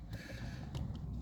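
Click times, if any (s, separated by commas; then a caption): none. The rubber boot of an ignition lead is handled and pushed down onto a spark plug in a Renault Twingo 1 (C3G) engine, making low rustling and faint short ticks near 0.8 s and 1.0 s. Nothing has seated or clicked yet; the clip ends just before the boot clips onto the plug.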